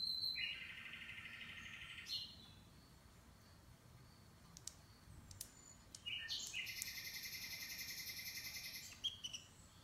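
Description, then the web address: Canary singing long, even rolling trills, one of about two seconds, then a pause with faint clicks, then a longer, richer trill with high buzzy notes. "Golchin Best Canari Seda Canari. Niyaz Music)"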